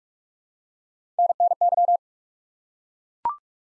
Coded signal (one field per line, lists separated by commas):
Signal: Morse code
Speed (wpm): 44 wpm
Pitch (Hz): 700 Hz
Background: none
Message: NNY